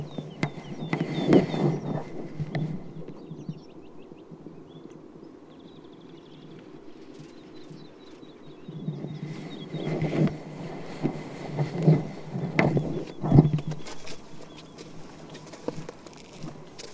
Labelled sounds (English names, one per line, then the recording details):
Wood Lark flight song
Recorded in the wild
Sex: pair
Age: adult
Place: Schönow, Naturpark Barnim, Brandenburg, DE
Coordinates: 52.69, 13.5136
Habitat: heath
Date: 2005-03-31
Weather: clear, -2°C, weak wind
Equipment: Tascam DA-P1, Telinga Pro 5
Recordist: Frommolt, Karl-Heinz